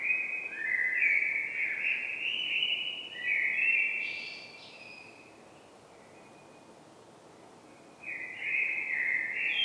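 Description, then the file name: Common blackbird singing fluty warbled phrases, then a pause of a few seconds before another phrase begins. "Turdus merula"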